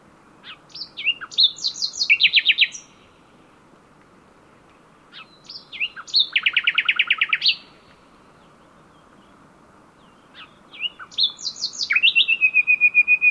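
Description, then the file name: Common nightingale song: three separate phrases, each opening with scattered high chips and ending in a fast, loud trill, the last closing on a sustained whistle, with gaps of a few seconds between them. "Luscinia megarhynchos"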